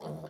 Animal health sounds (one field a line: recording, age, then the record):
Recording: pig call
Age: piglet (1 to 25 days)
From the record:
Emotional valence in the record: negative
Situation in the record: short isolation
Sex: female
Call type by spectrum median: low-frequency call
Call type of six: mixed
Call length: 0.30 s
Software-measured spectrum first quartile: 186 Hz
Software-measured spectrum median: 402 Hz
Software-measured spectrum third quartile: 693 Hz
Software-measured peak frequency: 520 Hz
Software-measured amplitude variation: 124 dB a second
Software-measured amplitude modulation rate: 18.1 a second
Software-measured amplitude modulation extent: 6.8 dB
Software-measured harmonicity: 2.6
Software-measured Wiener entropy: -0.08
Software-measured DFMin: 1017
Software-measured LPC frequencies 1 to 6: 541, 3244, 4494, 5642, 6920, 8057 Hz